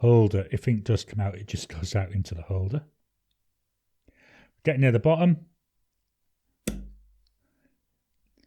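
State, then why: Seated. Someone talks while pushing the plunger rod of a vacuum-filler fountain pen down the barrel, with the nib in an ink bottle. At 6.7 s the plunger gives a single sharp click as it reaches the bottom of its stroke and releases the seal, so ink is drawn in. A brief low decay follows, with faint ticks afterward.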